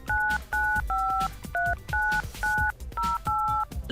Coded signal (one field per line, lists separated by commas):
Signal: DTMF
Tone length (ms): 290 ms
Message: 99539908